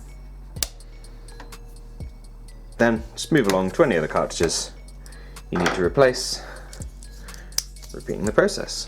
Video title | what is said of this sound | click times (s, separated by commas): Epson Expression Premium XP-900: How to Change/Replace Ink Cartridges | so slide that in back first and then press down on the closest bit to you to hear a click | 0.6 s